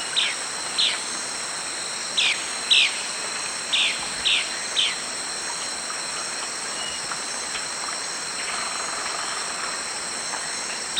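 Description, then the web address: Three-striped flycatcher giving a run of short descending notes in the first half, then falling silent while a continuous shrill insect hum carries on. Eastern lowlands of Ecuador, South America. "Natures Songs S America Eastern Lowlands. Three-striped Flycatcher"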